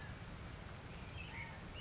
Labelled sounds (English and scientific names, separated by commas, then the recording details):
California Towhee (Melozone crissalis)
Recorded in Sonoma County, California